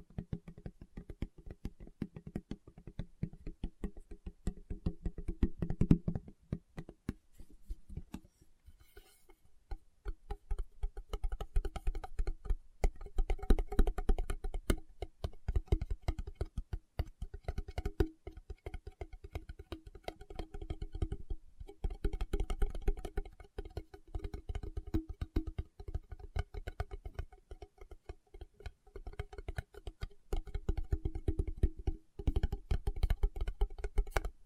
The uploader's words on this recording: ASMR Tapping with Fingertips (No Talking).